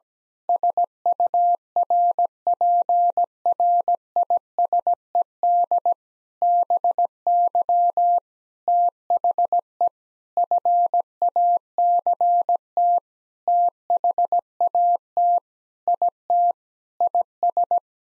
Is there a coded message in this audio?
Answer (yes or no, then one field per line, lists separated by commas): yes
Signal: Morse code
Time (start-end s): 0.5-17.8 s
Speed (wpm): 17 wpm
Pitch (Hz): 700 Hz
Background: none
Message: SURPRISED BY THE FACT THAT IT IS